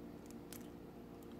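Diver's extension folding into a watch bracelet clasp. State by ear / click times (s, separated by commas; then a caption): seated / 0.3 s, 0.5 s. The metal diver's extension of a Seiko Prospex Sumo 200m Automatic Diver SBDC033 is folded back into the stainless steel bracelet clasp and pressed closed. Two sharp metallic snaps sound at about 0.3 s and 0.5 s over a steady low background hum. The extension seats and the clasp snaps shut.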